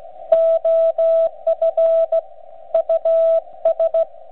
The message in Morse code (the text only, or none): OF US